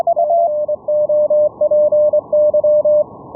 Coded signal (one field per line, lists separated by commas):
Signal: Morse code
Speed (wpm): 24 wpm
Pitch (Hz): 600 Hz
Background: none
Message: COPY